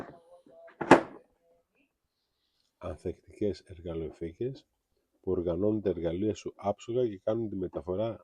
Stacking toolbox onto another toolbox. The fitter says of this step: με σύστημα να κουμπώνει η μία πάνω στην άλλη.